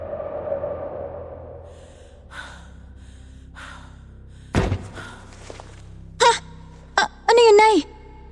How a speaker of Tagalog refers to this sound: Wala anak, ang tatay mo lang yon. Lasing na yata ka agad. Ayun at nagsasara ng pintuan.